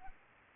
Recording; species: mosquito wingbeat signal from an infrared sensor; Anopheles arabiensis